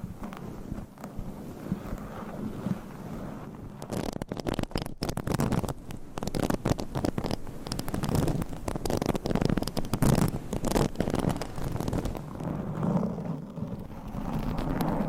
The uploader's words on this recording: Changing Triggers Every Few Seconds Scratching , Tapping , Massage & More No Talking.